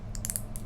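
A plastic adhesive strip with teeth, stuck to an item that doesn't snap in on its own, is pressed onto the binding discs of a disc-bound planner. It gives a quick series of sharp clicks at 0.1, 0.2, 0.3 and 0.4 seconds, plus one more near 0.6 seconds, over a steady low hum. The strip seats onto the discs, and the item can now snap in.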